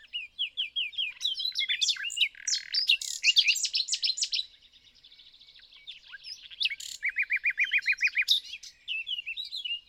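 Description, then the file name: Common nightingale singing a fast, varied medley of chirps and buzzy notes, a brief pause, then a rapid run of repeated loud notes and more twittering. "Luscinia megarhynchos"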